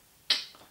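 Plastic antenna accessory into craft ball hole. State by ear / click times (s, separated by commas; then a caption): seated / 0.3 s. A small plastic antenna accessory is pushed into the hole of a hook-and-loop craft ball to build a creature. A sharp, bright click at 0.3 s shows it seating, then fades quickly. The antenna is fixed in place.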